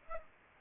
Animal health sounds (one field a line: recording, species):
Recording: mosquito wingbeat signal from an infrared sensor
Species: Aedes aegypti